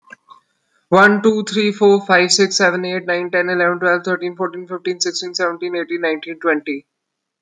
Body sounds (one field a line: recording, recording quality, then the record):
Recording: counting at a fast pace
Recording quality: excellent, no background noise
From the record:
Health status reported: respiratory illness, not identified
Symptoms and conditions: cold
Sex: male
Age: 18 years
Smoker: not ticked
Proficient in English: yes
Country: India